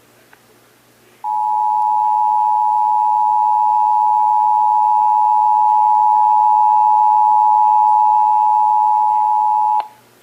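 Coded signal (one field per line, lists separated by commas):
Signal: Emergency Alert System (SAME) tones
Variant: 853 and 960 Hz attention tone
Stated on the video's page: Texas required monthly test, heard as relayed on several radio and TV stations.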